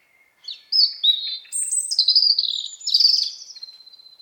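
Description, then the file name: European robin song: a thin high note, then a rapid run of sweet, varied whistled and trilled notes, shifting up and down in pitch, with no other sounds. "Erithacus rubecula"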